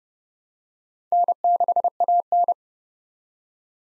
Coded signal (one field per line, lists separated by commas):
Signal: Morse code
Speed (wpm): 31 wpm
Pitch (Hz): 700 Hz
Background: none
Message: N6AN